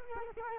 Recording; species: mosquito wingbeat signal from an infrared sensor; Culex quinquefasciatus